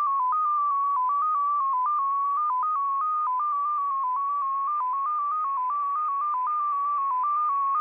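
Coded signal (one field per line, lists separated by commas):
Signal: multi-tone FSK (Olivia or MFSK type)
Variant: XPA2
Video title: XPA2 Data Mode 22/06/2023 1120 UTC 14982kHz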